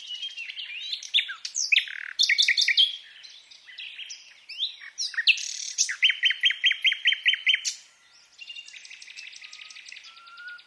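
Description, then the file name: Common nightingale song: varied chirps and rattles, then a loud run of about eight evenly repeated rising notes, followed by a quieter dry trill and a soft whistle. "Luscinia megarhynchos"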